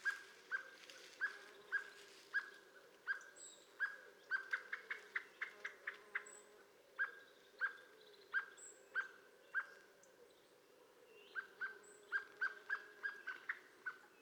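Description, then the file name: Common blackbird making sharp, clicking chink notes, repeated steadily and sometimes bunched into quick runs, over a low steady hum. "Turdus merula"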